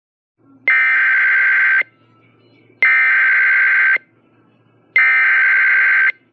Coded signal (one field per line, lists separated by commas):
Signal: Emergency Alert System (SAME) tones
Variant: header bursts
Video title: (REAL) EAS Mock Child Abduction Emergency for SoCal 9/10/17